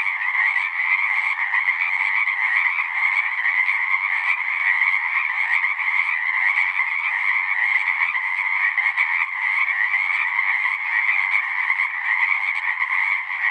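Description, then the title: Pacific chorus frogs in full chorus, overlapping creaky calls forming a constant, even wall of sound without breaks. Full chorus after dusk; males giving advertisement calls to attract females. "Chorus Frogs, Full Chorus, post-dusk"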